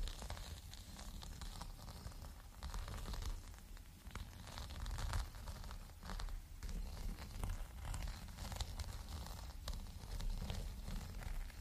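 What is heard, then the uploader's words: Fingers scratch and rub a green bumpy rug in a dense, steady crackle of tingly textures, with a low rumble beneath throughout. Surprisingly tingly textures. Green bumpy rug.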